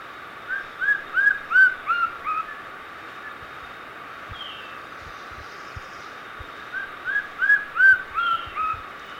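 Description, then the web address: White-streaked antvireo giving two bursts of short, slightly slurred whistled notes separated by a pause of several seconds, with a faint higher downslurred note between them. Recorded in Ecuador. "Birds of Ecuador 29 White-streaked Antvireo"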